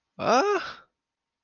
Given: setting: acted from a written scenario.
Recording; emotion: vocal sound without words; confusion